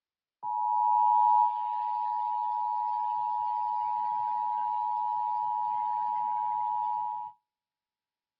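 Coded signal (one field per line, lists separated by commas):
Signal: Emergency Alert System (SAME) tones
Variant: 853 and 960 Hz attention tone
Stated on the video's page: Child abduction alert tones captured from a radio connected to a computer.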